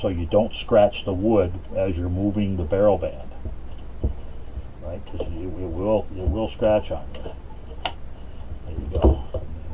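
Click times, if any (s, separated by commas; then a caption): 7.9 s. Someone talks while sliding the barrel band onto the wooden stock and barrel of a Swiss Vetterli Model 1878/81 rifle, keeping the barrel compressed so the wood isn't scratched. At 7.9 s the band passes over its keeper spring, which snaps up with a small, sharp click, and the band is seated and held in place.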